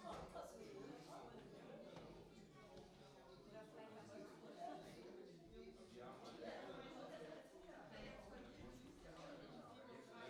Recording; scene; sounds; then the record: everyday scene through a hearing-aid microphone; many people talking; many voices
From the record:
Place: parish hall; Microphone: in the ear canal, right